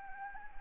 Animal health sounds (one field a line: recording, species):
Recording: mosquito wingbeat signal from an infrared sensor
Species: Anopheles arabiensis